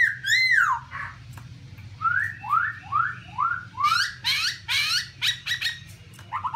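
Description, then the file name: Black-throated laughingthrush song: a loud arched whistle, then a run of short rising slurred whistles and brighter notes, over a steady low hum. "tieng khuou bac ma hot"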